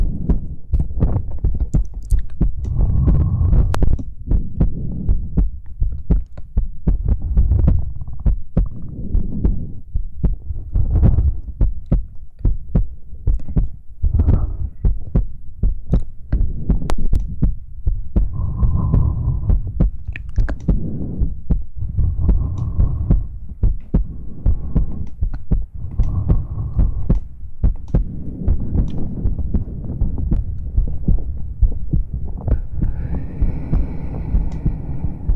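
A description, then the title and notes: ASMR mouth sounds: a constant run of wet clicks and smacks over soft, thumping low bumps that pulse throughout. A brief hummed tone surfaces now and then, around 3, 19, 23 and 26 seconds, and a rising hum closes the clip. ASMR mouth sounds.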